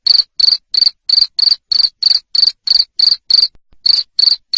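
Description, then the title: Cricket chirping loudly, high and pulsed, in a regular series about three per second with one brief gap near the end. Loud cricket chirping used to stimulate lovebirds to sing continuously (ngekek). "Suara JANGKRIK NGERIK Keras Bikin LOVEBIRD Jadi NGEKEK Terus Vubey"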